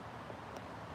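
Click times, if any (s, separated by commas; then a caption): none. A bike accessory is handled as it is pushed toward its quick-release mount on an e-bike. Only steady broadband background noise is heard, with a faint brief high-pitched trace near 0.6 s. Nothing has seated or clicked yet.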